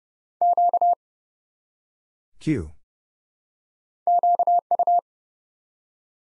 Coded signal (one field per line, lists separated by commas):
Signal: Morse code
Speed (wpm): 30 wpm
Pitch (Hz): 700 Hz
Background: none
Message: Q QU